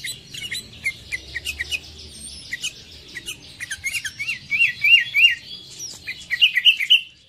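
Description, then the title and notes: Sooty-headed bulbul song: quick chirps building into bubbly, wavering notes repeated several times a second, louder toward the end, with faint sharp ticks behind. Recording made for training songbirds (masteran). "suara burung kutilang buat masteran"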